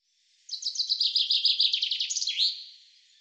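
Common chaffinch singing one full phrase: crisp repeated notes tumbling downward in a quick trill, finished by an emphatic twisting end note. No other sounds.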